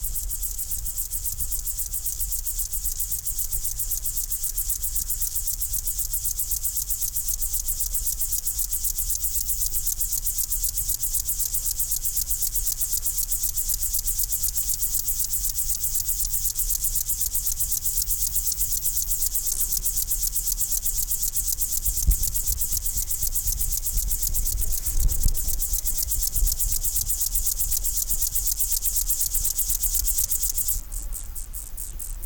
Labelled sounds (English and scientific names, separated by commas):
Upland Field Grasshopper (Chorthippus apricarius) stridulation